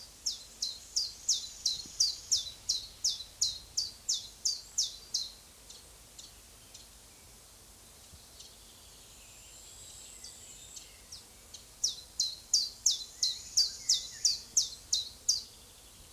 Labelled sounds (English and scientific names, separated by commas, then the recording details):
Common Chiffchaff (Phylloscopus collybita)
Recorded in the wild
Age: adult
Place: Oehrenstock/Langewiesen, Thüringer Wald, Thüringen, DE
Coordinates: 50.6603, 10.9428
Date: 2003-05-25 12:32
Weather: overcast, intermittent rain, 12 - 15°C
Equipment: Fair Mate ST-1328 (Asahi Electronics, Japan), Sennheiser ME 80, Kopie Uher 4000 Report Monitor
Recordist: Tembrock, Günter